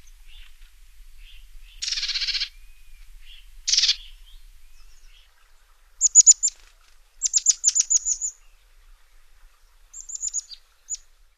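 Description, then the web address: Bridled titmouse calling: two harsh buzzy bursts, then clusters of thin, very high rapid notes repeated in short series. "Songs of Birds of North America Stokes. Bridled Titmouse"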